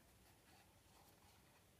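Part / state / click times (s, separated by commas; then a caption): closure magnet onto its mating magnet in a paper album cover / not seated / none. A pair of closure magnets is being handled while assembling a paper mini album with a butterfly closure, with the magnet about to meet its mating magnet in the paper album cover. Only steady low-level handling noise is heard, with no distinct transient. Nothing has seated or clicked yet.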